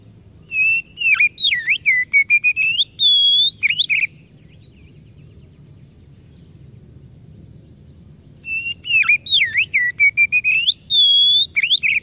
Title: Masteran Kacer Yang Sukses Memancing Kacer Gacor Sampai Jadi Juara